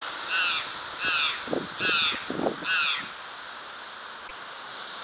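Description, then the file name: White-naped jay giving harsh, nasal calls, four in a row at under one-second spacing, then a pause with faint background hiss. "Gralha Cancã"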